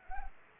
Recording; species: mosquito wingbeat signal from an infrared sensor; Anopheles arabiensis